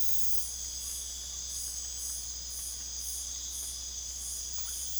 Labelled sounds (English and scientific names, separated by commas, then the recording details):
none
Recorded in secondary vegetation near Puerto Asís, Putumayo, Colombia, on 20 December 2024 at 04:00
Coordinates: 0.488, -76.319
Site GP04